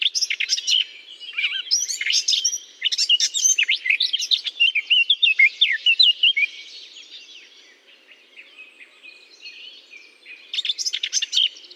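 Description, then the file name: Eurasian blackcap pouring out long stretches of hurried, jumbled warbling, pausing for a few quiet seconds before another burst near the end. Singing in holly. "chant de fauvette a tete noire dans houx"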